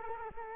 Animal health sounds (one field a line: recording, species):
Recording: mosquito wingbeat signal from an infrared sensor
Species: Culex quinquefasciatus